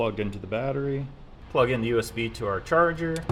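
A USB cable plug is being pushed into a camera battery charger while someone talks throughout. The plug is handled but not yet home, and nothing has seated or clicked yet.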